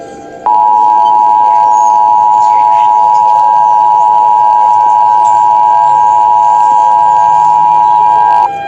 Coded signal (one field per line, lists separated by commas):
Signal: Emergency Alert System (SAME) tones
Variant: 853 and 960 Hz attention tone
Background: speech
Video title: EAS Scenario : Liberty City Zombie Attack